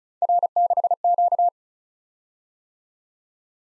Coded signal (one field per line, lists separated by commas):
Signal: Morse code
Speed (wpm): 36 wpm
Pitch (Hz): 700 Hz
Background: none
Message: R6Q